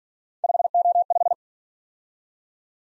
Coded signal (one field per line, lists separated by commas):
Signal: Morse code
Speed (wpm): 46 wpm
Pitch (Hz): 700 Hz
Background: none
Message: 5O5